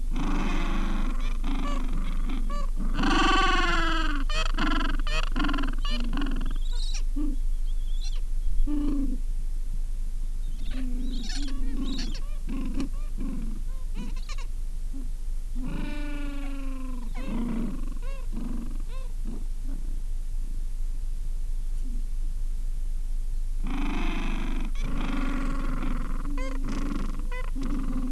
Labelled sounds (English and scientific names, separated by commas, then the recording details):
Gentoo Penguin (Pygoscelis papua)
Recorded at the colony at Ocean Harbour, on 7 January 2016
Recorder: Song Meter SM2+